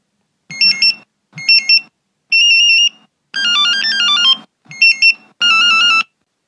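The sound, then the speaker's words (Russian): An electronic telephone ringtone plays six loud bursts of bright, high, warbling tones as a call is connected through an operator, each lasting under a second, separated by short silences, with no voices. “Через несколько секунд телефон зазвонил.”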